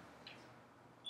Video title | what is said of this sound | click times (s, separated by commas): Reflections on the Pakuranga Creek - Eco Exhibition - HiRes | just drive it until it clicks like this right | 0.3 s